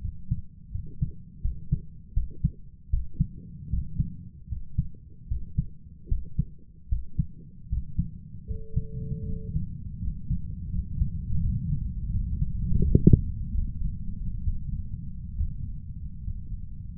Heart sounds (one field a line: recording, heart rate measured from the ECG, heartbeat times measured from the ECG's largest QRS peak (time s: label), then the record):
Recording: heart sounds by stethoscope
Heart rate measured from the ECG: 77 bpm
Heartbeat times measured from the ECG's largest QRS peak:
0.70 s: heartbeat
1.40 s: heartbeat
2.13 s: heartbeat
2.89 s: heartbeat
3.69 s: heartbeat
4.47 s: heartbeat
5.27 s: heartbeat
6.07 s: heartbeat
6.88 s: heartbeat
7.68 s: heartbeat
8.46 s: heartbeat
9.24 s: heartbeat
9.98 s: heartbeat
10.70 s: heartbeat
11.40 s: heartbeat
12.10 s: heartbeat
12.80 s: heartbeat
13.53 s: heartbeat
14.43 s: heartbeat
15.35 s: heartbeat
16.22 s: heartbeat
From the record:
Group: healthy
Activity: rest 0-10 s, Valsalva maneuver 10-17 s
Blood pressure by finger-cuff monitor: 114/80 mmHg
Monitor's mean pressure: 86 mmHg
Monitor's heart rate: 77 bpm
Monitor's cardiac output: 6.6 L/min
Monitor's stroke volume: 85 mL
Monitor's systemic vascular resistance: 960 dyn s/cm5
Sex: male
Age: 23 years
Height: 178 cm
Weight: 96.6 kg